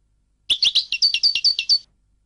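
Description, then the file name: European goldfinch delivering a neat phrase of about nine evenly spaced, chirpy notes, bright and slightly buzzy, in under one and a half seconds. "audio burung goldfinch"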